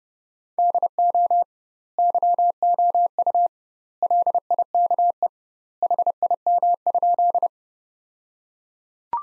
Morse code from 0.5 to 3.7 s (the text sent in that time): DO YOU